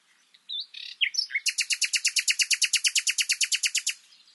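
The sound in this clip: Common nightingale song: a few brief varied chirps, then a loud rapid train of many sharp repeated notes before stopping abruptly.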